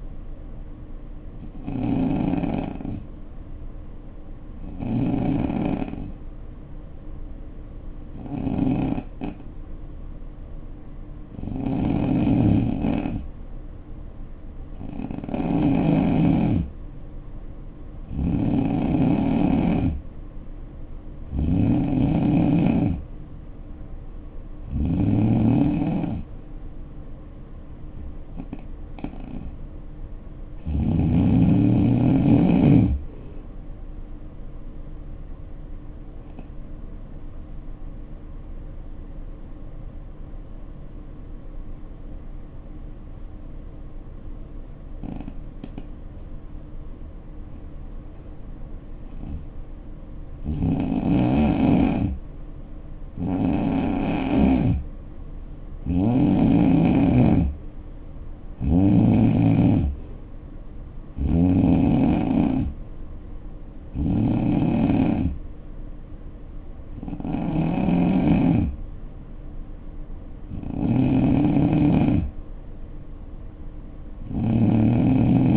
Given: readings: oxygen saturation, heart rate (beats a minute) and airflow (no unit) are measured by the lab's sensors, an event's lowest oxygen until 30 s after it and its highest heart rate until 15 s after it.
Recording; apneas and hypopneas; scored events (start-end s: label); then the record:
breathing in sleep by a smartphone at the bedside; 2
5.00-18.10 s: hypopnea (N3, oxygen 92% highest, then 86% lowest, heart rate 61 at the start, 69 highest)
38.00-51.40 s: hypopnea (N3, oxygen 91% highest, then 82% lowest, heart rate 53 at the start, 70 highest)
44.00-75.57 s: new sleep stage, N2 (light sleep)
From the record:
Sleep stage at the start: N3 (deep sleep); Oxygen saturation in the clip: 82 to 92%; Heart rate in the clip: 53 to 70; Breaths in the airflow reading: 20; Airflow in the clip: -9.4 to 5.2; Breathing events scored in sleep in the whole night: 520 in 7.2 hours asleep